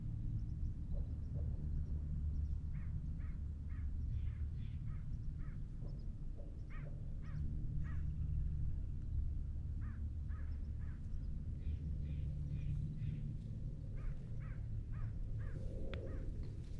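Crows caw repeatedly in Tilden Regional Park, Orinda, their short harsh calls coming in quick clusters every second or two throughout. A loud, steady low rumble runs underneath the whole time, swelling slightly around the eighth and twelfth seconds.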